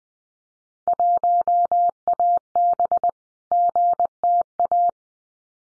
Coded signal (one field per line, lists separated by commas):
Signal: Morse code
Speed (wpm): 20 wpm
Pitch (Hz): 700 Hz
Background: none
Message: 1AB GTA